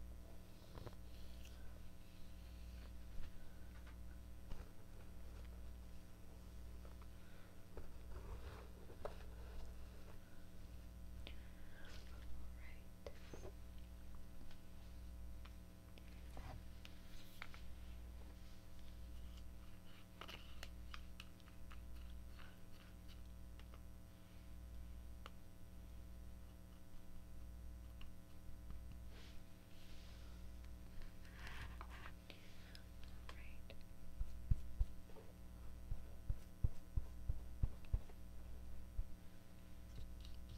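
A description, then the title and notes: A scalp check and hair mask session: a steady low hum throbs underneath, with scattered soft rustles, brief taps, and faint murmured speech throughout. ASMR Scalp Check Exam & Hair Mask.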